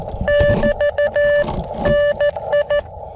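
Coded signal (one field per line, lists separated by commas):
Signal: Morse code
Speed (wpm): 13 wpm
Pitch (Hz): 580 Hz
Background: none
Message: <BT>NI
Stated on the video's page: Morse from an Elecraft KX2 with AX1 antenna, low-power QRP operation.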